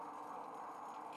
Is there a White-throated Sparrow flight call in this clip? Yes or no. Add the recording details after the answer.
no. No flight call is heard. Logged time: 01:51 on 5 December 2014